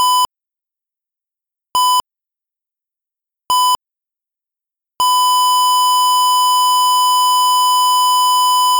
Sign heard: Flatline.